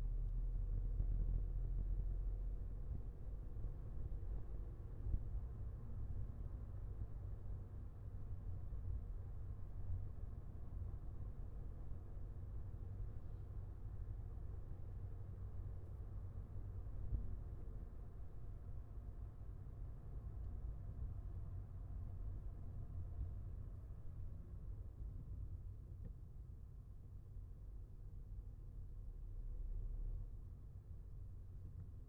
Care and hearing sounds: everyday scene through a hearing-aid microphone; in a vehicle; engine, highway driving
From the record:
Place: Skoda Fabia, gasoline engine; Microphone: behind the ear, left, rear

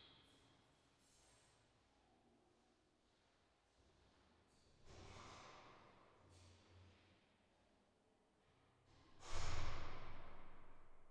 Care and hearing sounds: everyday scene through a hearing-aid microphone; reverberant space; background noise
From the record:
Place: staircase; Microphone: in the ear canal, left

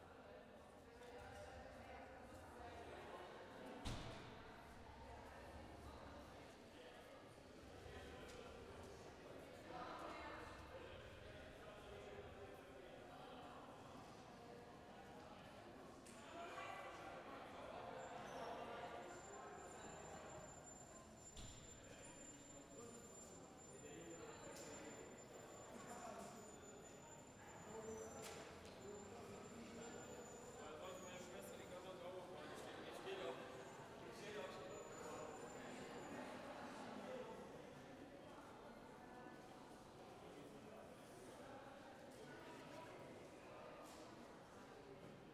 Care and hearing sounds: everyday scene through a hearing-aid microphone; reverberant space; background noise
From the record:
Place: railway station hall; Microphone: behind the ear, left, front

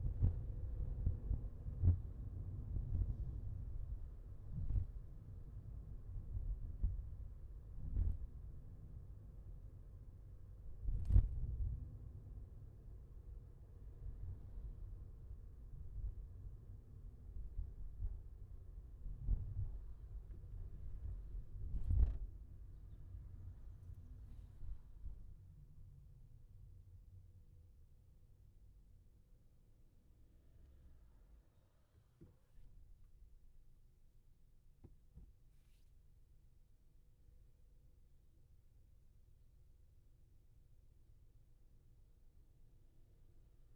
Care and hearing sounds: everyday scene through a hearing-aid microphone; in a vehicle; engine, highway traffic jam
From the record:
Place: Skoda Fabia, gasoline engine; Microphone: behind the ear, left, rear

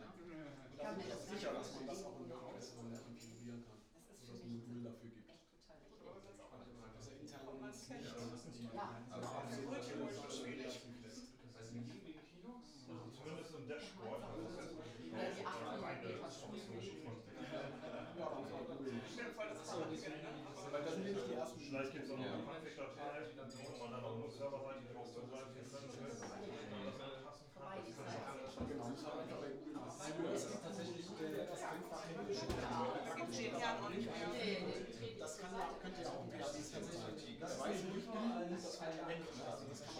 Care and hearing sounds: everyday scene through a hearing-aid microphone; many people talking; many voices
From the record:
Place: bistro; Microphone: in the ear canal, right

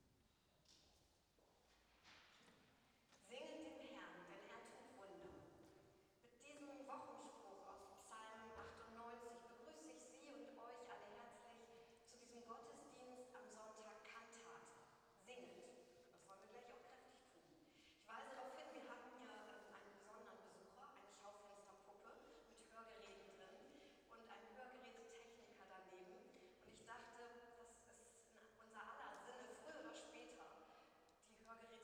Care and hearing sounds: everyday scene through a hearing-aid microphone; reverberant space; speech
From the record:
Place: church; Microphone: in the ear canal, right

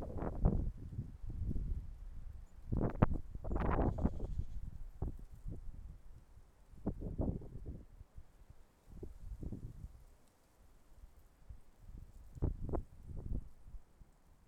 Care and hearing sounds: everyday scene through a hearing-aid microphone; wind on the microphone; wind, traffic, birds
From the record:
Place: suburban garden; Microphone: behind the ear, left, front

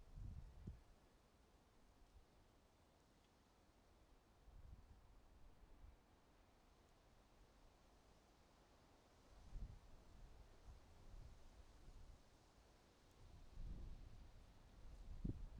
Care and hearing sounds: everyday scene through a hearing-aid microphone; wind on the microphone; wind, traffic, birds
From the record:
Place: suburban garden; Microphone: in the ear canal, right

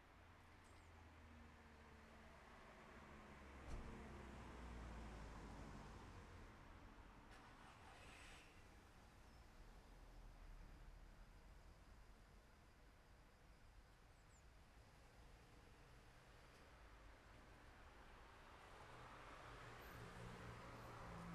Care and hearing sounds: everyday scene through a hearing-aid microphone; in traffic; traffic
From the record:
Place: city secondary road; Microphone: behind the ear, left, rear

